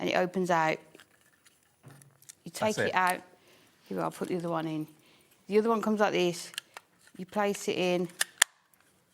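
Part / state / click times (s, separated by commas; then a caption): tape refill insert into tape pen case / seated / 8.4 s. A new plastic tape refill insert is placed into an opened tape pen case and pressed home while someone talks, with small handling taps before that. A sharp click at 8.4 seconds marks the refill seating in the case.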